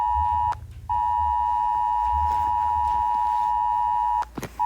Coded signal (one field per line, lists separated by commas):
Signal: Emergency Alert System (SAME) tones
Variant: 853 and 960 Hz attention tone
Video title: Rating eas alarms pt. 2